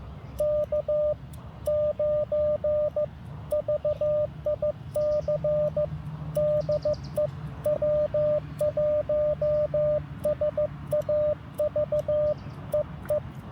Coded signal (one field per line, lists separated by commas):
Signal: Morse code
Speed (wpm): 15 wpm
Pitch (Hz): 600 Hz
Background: radio noise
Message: K9VIC DE W1SAV E E